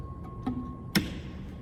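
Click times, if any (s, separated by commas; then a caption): 1.0 s. A bumper end is slipped onto the end of a foosball table player rod to lock it into place. A faint tick at 0.5 s comes before one sharp, loud hit at 0.9 s, and the bumper end is seated. A steady low hum runs underneath throughout.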